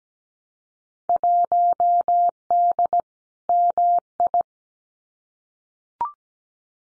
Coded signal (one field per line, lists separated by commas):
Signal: Morse code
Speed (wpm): 17 wpm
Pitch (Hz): 700 Hz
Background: none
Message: 1D MI